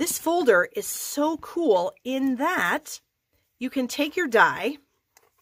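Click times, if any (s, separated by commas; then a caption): none. Someone talks while handling a thin metal cutting die, blade side up, over the recessed flower outline of a plastic embossing folder that it is meant to click into and lock around. The speech pauses briefly around 3.0 to 3.6 seconds, and the clip ends in near silence. The die has not seated or clicked into the folder yet.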